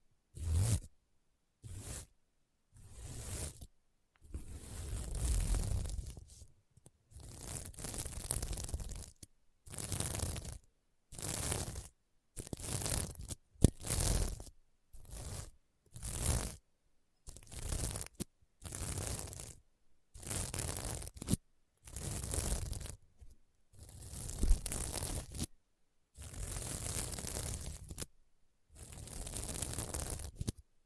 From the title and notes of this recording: ASMR Satisfying SequinMermaid Pillow Scratching Sounds (No Talking).